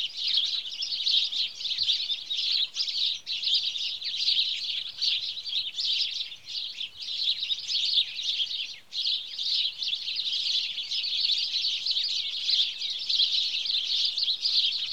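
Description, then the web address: Chattering house sparrows, a long continuous din of countless overlapping chirps that pulses in loudness with a short lull midway. "BBC Sound Effects Library. House Sparrow (Passer Domesticus)"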